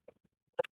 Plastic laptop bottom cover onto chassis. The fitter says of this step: this just snaps right in like that and pull